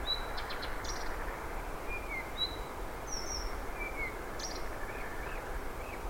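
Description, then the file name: Blyth's Reed Warbler song: sparse, thin high whistled notes and short buzzy flourishes spaced out over several seconds, over steady low rumbling background noise. "Blyths Reed Warbler RZ"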